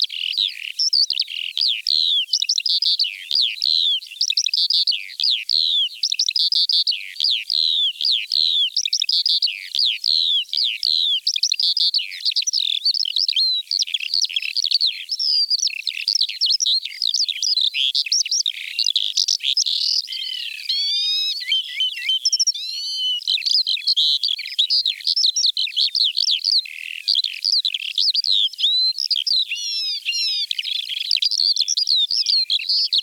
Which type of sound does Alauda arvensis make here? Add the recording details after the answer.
song. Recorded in the wild. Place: Neuenwalde / Cuxhaven, Schleswig-Holstein, DE. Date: 1987-05-27. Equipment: Alparon-Reflektor. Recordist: Schwarz, Dieter